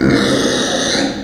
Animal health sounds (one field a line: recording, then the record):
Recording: squeal of a Yucatan mini pig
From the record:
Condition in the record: before surgery on the right vocal fold (resection and tissue-engineered implant)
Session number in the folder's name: 3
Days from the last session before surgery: 0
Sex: female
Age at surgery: 19 weeks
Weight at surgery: 25 kg